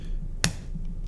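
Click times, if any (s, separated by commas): 0.4 s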